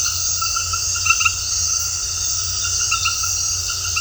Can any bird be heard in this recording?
no